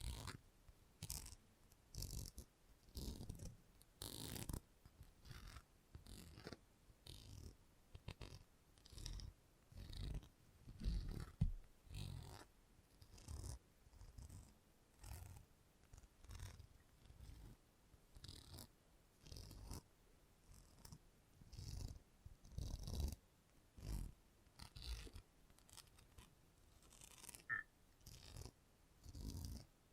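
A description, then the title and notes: A salon haircut and head massage: short rubbing, brushing bursts follow one another about once or twice a second for the whole stretch, each with a soft low thump and a hissy top. A brief thin tone cuts through near the 27-second mark. Salon Haircut Head Massage, Scissors and Clipper.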